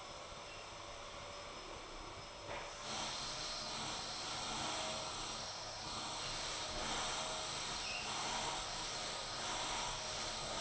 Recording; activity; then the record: daily activity, microphone in the room; vacuum cleaning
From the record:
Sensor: 5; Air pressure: 999.4 hPa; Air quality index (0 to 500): 226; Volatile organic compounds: 23 ppm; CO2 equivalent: 2768 ppm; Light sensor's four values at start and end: 34/79/31/30 and 34/79/31/30